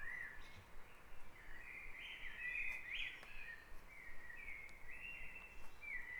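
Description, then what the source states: Birds in a dawn chorus: warbled whistled phrases sounding almost without pause above a soft low hum. Dawn chorus recorded at Back Dragon Avenue, Harrogate; part of the Sound Map of Harrogate.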